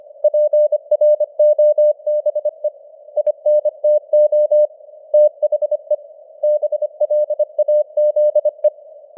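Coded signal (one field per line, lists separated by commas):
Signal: Morse code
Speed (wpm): 25 wpm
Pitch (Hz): 600 Hz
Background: none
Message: PROBE INTO THE BLAZE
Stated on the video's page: Morse code at 25 wpm with simulated radio noise and varying signal strength (QSB).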